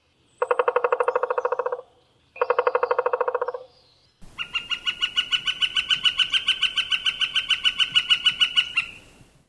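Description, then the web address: Pileated woodpecker calls: two fast bursts of low, hollow repeated notes, then a longer, higher rapid series of ringing notes that rises slightly in loudness and fades. "Thumbs Plus Zoo Field Guide"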